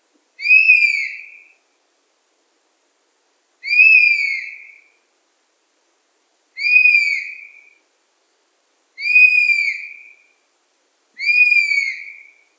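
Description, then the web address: European honey buzzard calls, five plaintive high whistles, each slurred and slightly falling, repeated roughly every two to three seconds against silence. "Wespendief Pernis apivorus"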